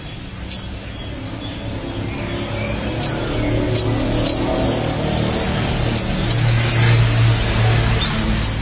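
Canary song: scattered high chirps, a short steady whistled note, then a quick run of chirps over steady low background noise.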